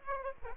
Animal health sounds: mosquito wingbeat signal from an infrared sensor; Aedes aegypti

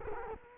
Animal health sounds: mosquito wingbeat signal from an infrared sensor; Culex quinquefasciatus

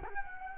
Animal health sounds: mosquito wingbeat signal from an infrared sensor; Culex quinquefasciatus

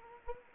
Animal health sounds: mosquito wingbeat signal from an infrared sensor; Anopheles gambiae

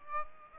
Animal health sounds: mosquito wingbeat signal from an infrared sensor; Aedes aegypti

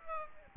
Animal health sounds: mosquito wingbeat signal from an infrared sensor; Aedes aegypti

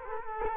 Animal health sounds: mosquito wingbeat signal from an infrared sensor; Culex quinquefasciatus

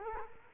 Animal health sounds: mosquito wingbeat signal from an infrared sensor; Culex quinquefasciatus

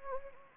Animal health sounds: mosquito wingbeat signal from an infrared sensor; Anopheles gambiae

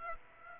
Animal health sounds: mosquito wingbeat signal from an infrared sensor; Aedes aegypti

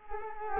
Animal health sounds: mosquito wingbeat signal from an infrared sensor; Culex quinquefasciatus

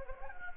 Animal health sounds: mosquito wingbeat signal from an infrared sensor; Anopheles gambiae

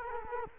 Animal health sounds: mosquito wingbeat signal from an infrared sensor; Culex quinquefasciatus

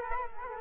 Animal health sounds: mosquito wingbeat signal from an infrared sensor; Culex quinquefasciatus

